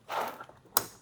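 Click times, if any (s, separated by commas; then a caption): 0.8 s. A monitor fork on the arm is slid onto the stand's mount, with a broad sliding sound in the first half. It latches with a sharp snap at 0.8 s, where a small release button holds it in place. The fork is seated.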